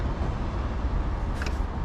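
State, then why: Not seated. While reinstalling a cover or trim panel after replacing a D3S xenon low-beam bulb on an Audi A4 B8, a plastic trim clip is handled at its mounting hole in the car body or headlight area. A steady low rumble fills the clip, with a brief sharp tap near 1.4 seconds. Nothing has seated or clicked into place yet.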